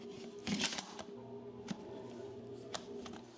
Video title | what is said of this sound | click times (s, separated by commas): Coalax Lancer 300 Backpack bundle (Unboxing) | And it locks into place just like that. | 2.8 s